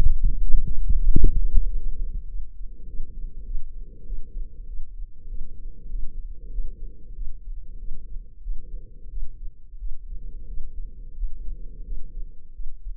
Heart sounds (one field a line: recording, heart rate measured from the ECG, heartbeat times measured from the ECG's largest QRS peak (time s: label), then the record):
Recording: heart sounds by microphone in the left ear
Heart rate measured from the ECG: 95 bpm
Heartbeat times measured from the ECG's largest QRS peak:
0.49 s: heartbeat
1.07 s: heartbeat
1.67 s: heartbeat
2.27 s: heartbeat
2.86 s: heartbeat
3.45 s: heartbeat
4.05 s: heartbeat
4.66 s: heartbeat
5.27 s: heartbeat
5.89 s: heartbeat
6.51 s: heartbeat
7.14 s: heartbeat
7.78 s: heartbeat
8.42 s: heartbeat
9.09 s: heartbeat
9.78 s: heartbeat
10.47 s: heartbeat
11.15 s: heartbeat
11.83 s: heartbeat
12.52 s: heartbeat
From the record:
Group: healthy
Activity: light exercise 0-2 s, rest 2-13 s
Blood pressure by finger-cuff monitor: 110/75 mmHg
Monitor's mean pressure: 86 mmHg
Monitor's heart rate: 97 bpm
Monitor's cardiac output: 6.8 L/min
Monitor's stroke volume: 70 mL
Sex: female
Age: 32 years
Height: 172 cm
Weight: 71.7 kg